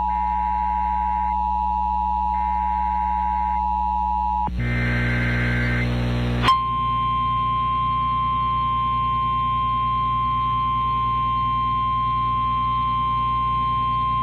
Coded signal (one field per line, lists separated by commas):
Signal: Emergency Alert System (SAME) tones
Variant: 853 and 960 Hz attention tone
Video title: EAS Severe Thunderstorm Warning Wausau, Wisconsin (70 Mph Winds!) NOAA Weather Radio